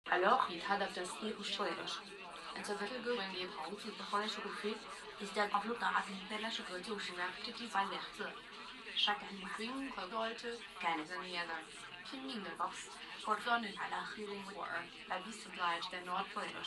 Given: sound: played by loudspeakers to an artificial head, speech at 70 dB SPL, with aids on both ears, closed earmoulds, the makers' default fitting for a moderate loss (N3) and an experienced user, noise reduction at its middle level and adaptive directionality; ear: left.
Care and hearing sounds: speech test signal (ISTS) in cocktail-party noise; +9 dB; on the right (90 degrees)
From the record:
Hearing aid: class 1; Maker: E

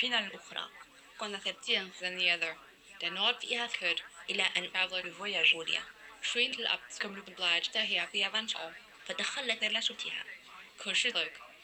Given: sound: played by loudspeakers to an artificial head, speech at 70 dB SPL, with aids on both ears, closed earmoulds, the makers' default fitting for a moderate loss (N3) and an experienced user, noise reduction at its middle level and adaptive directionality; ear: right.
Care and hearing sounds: speech test signal (ISTS) in cocktail-party noise; +6 dB; in front (0 degrees)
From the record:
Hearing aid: class 1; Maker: I

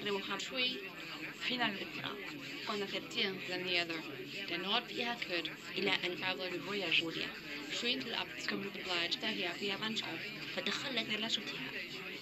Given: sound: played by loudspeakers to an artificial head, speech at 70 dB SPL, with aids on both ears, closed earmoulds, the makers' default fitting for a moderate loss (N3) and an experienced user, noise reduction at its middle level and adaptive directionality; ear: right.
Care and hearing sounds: speech test signal (ISTS) in cocktail-party noise; +3 dB; in front (0 degrees)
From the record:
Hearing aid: class 1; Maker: D

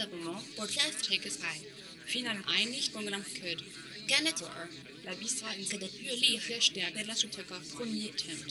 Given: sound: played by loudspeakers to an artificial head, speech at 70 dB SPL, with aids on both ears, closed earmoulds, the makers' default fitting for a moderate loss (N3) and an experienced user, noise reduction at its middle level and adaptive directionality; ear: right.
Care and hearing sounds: speech test signal (ISTS) in cocktail-party noise; +3 dB; on the right (90 degrees)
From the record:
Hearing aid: class 2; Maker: J

